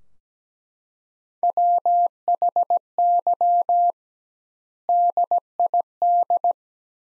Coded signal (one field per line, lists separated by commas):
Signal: Morse code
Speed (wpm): 17 wpm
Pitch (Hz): 700 Hz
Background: none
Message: WHY DID